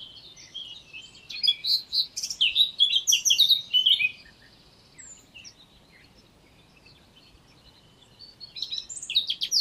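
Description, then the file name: Eurasian blackcap song: a fast, varied warble of chattering and fluty notes for about three seconds, then a quiet gap before a second burst starts near the end. "Sylvia atricapilla"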